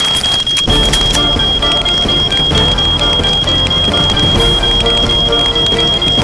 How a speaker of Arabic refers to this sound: ما هذا؟ السيارة تشتعل نارا.